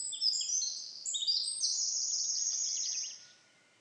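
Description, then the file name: Eurasian wren song: shrill rapid notes that run into a long, dense buzzing trill, ending abruptly after about three seconds and leaving near silence. "Troglodytes troglodytes"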